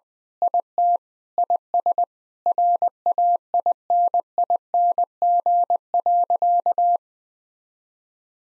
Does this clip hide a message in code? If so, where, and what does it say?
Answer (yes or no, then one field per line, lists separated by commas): yes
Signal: Morse code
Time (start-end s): 0.4-7.0 s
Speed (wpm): 21 wpm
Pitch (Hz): 700 Hz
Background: none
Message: IT IS RAINING.